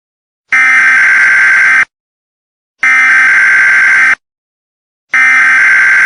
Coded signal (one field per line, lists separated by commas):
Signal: Emergency Alert System (SAME) tones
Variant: header bursts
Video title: THE VODKA KING EAS SCENARIO